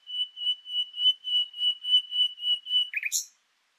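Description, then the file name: Common nightingale song: a steady run of pure, evenly spaced whistled notes, ending in a brief rapid flourish. "Luscinia megarhynchos"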